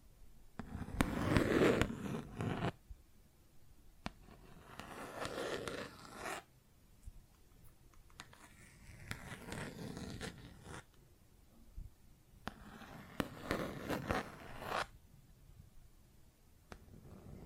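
Plastic objects scratch and rub in four bursts of rasping, zipper-like noise, separated by quiet gaps with a few sharp single taps.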